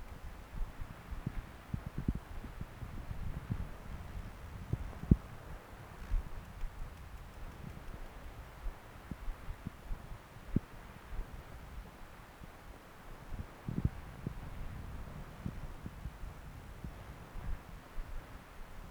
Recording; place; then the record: Doppler ultrasound of blood flow; right subclavian vein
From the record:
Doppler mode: continuous wave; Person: adult scuba diver, at rest before a dive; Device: O'Dive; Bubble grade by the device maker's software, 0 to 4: 0